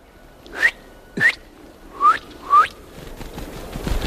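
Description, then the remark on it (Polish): Four short, sharp titmouse calls at a bird feeder in winter chirp out one after another at uneven intervals, each a quick bright note, with no talking and a soft rustle of background noise at the end. “Sikorki.”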